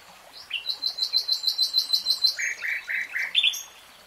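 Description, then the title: Nightingale song phrase: a fast run of rapid high notes, then several lower, rougher notes before stopping. Nightingale singing in real time. "[Tiếng chim hót] 3 Hours REALTIME Nightingale Singing"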